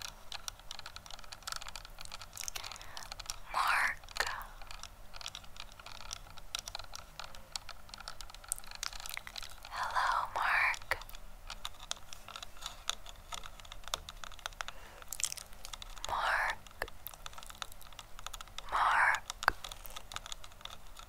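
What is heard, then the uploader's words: Light tapping on a camera, a steady patter of small dry clicks running through the whole recording with little pause. Four short brighter, rustling bursts stand out at around 4, 10, 16 and 19 seconds. The low end is thin and quiet. ASMR Camera Tapping + Trigger Words.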